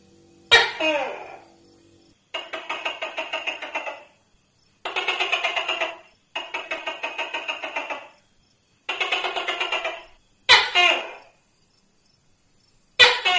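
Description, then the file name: Tokay gecko producing a series of long pulsed rattles, each lasting one to two seconds, mixed with a few abrupt harsh two-part barks. "tieng-tac-ke-keu-5-tieng"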